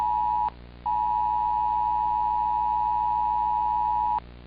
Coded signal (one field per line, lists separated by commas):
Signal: Emergency Alert System (SAME) tones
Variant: 853 and 960 Hz attention tone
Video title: Project Index S.2 - Emergency Alert System